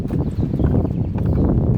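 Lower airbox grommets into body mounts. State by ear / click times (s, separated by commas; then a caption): not seated / none. A lower airbox on a 2016+ Malibu is handled as it is pushed down toward its body mounts so its rubber grommets can click in. A steady, dense low-frequency rumble of handling noise runs throughout with no distinct snap. Nothing has seated or clicked yet.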